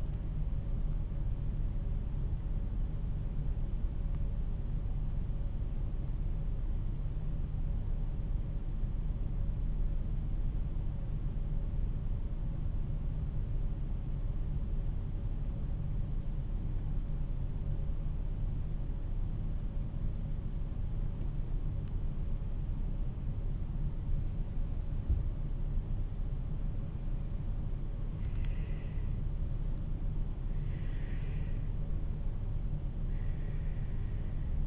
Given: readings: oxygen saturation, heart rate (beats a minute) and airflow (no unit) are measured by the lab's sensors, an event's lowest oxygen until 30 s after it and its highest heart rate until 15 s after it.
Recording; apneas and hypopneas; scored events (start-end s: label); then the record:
breathing in sleep by a smartphone at the bedside; 1
2.00-34.67 s: new sleep stage, N1 (lightest sleep)
7.00-29.00 s: hypopnea (N1, oxygen 96% highest, then 89% lowest, heart rate 48 at the start, 59 highest)
From the record:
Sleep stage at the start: N2 (light sleep); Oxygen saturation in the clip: 90 to 96%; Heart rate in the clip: 48 to 55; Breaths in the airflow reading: 6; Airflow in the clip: -6.4 to 10.5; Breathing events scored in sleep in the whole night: 388 in 6.5 hours asleep